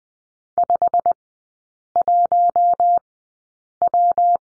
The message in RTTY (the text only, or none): none